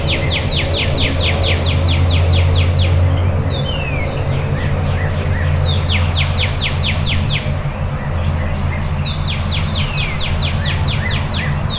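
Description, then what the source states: Bird song: bursts of quick descending chirps repeated in trills, with a few slurred whistles between, over steady low-frequency rumble. Before dawn.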